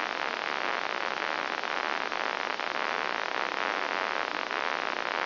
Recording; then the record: brain microelectrode recording played as sound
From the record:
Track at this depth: outside the subthalamic nucleus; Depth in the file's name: 0.506 mm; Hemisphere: left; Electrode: 2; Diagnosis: Parkinson's disease